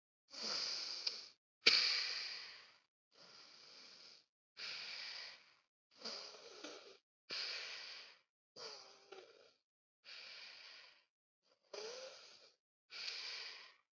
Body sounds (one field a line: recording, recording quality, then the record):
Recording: deep breathing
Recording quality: excellent, no background noise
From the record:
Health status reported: COVID-19 positive, mild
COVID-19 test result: positive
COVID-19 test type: RT-PCR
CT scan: not taken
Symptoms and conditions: cough, sore throat, fever, fatigue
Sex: female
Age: 24 years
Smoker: no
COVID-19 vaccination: both doses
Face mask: not worn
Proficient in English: yes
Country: India